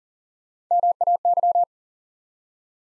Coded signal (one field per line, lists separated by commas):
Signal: Morse code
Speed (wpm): 38 wpm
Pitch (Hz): 700 Hz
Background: none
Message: MAY